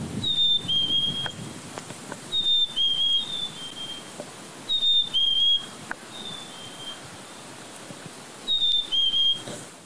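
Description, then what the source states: Black-capped Chickadee gives pure whistled paired notes, a high note sliding to a lower one, four phrases in ten seconds, with light background noise and taps. Spring song, also called the Phoebe call or Cheeseburger call.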